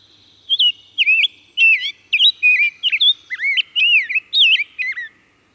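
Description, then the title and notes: Rose-breasted grosbeak song: a flowing string of sweet, looping whistles, each note bending up and down, delivered steadily for about four and a half seconds with no other sounds. "Rose-breasted Grosbeak. Macaulay Library at Cornell Lab of Ornithology"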